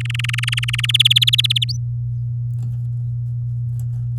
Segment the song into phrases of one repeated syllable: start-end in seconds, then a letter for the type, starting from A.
0.00-0.86 A, 0.89-1.64 B, 1.68-1.77 C